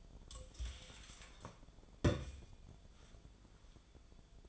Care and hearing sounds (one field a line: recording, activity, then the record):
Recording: daily activity, microphone in the room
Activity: take from stove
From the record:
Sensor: 5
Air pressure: 1010.0 hPa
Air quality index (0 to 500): 150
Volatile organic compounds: 3 ppm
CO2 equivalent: 1460 ppm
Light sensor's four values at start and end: 249/607/259/284 and 252/609/261/289